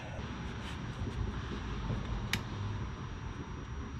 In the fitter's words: so all right okay it's snapped in place you